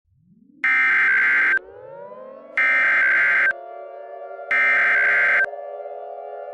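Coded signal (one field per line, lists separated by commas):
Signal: Emergency Alert System (SAME) tones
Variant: header bursts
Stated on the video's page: Simulated EAS alert, a fictional fire weather outbreak scenario.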